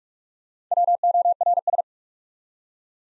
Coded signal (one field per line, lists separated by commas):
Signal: Morse code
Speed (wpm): 44 wpm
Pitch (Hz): 700 Hz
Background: none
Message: WORS